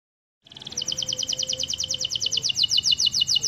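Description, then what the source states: Canary delivering a steady, rapid high-pitched trill of evenly spaced buzzy notes after a brief silence. Master song of a canary, used for training other birds.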